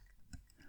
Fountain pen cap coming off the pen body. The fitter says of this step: The cap pulls off. It gives a nice satisfying click.